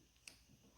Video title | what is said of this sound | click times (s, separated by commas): How to replace the ignition on a Arctic Cat 500 | and you hear the click and you're good to go | 0.3 s